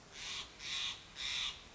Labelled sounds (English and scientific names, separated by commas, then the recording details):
Steller's Jay (Cyanocitta stelleri)
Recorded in Sonoma County, California